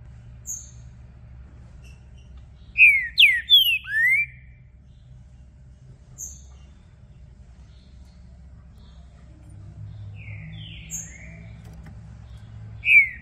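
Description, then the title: Green-winged saltator song in short bursts: a cluster of four sliding whistles, later a softer pair and a final whistle, with scattered thin high notes. Captive bird's song used to warm up and provoke another bird into singing and challenging during a singing contest; varied song types; intended to open up its song. "ESQUENTAR Seu TRINCA Piando, Cantando E Macheando Na DISPUTA. Trinca Ferro VALENTE! VIRANDO VARIOS TIPOS DE CANTOS!! ABRIR O CANTO!!"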